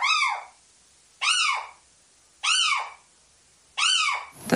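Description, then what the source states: Little Owl excitement call: four loud, harsh arched calls, each about half a second long, repeated roughly every 1.3 seconds. Excitement call, one of the eight most common little owl sounds.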